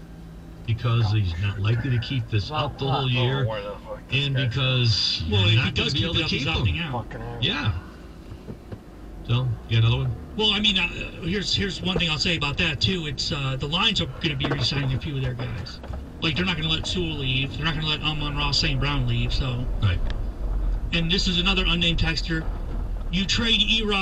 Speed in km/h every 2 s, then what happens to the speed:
0, 0, 0, 0, 0, 0, 0, 0, 13, 18, 18, 10.
0-14 standing. 14-18 pulls away to 18. 20-24 slows to 10.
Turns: none.